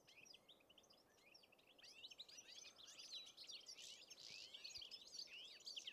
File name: Carduelis carduelis